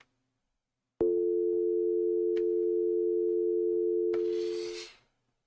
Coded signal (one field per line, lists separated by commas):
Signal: telephone call progress tone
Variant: North America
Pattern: dial tone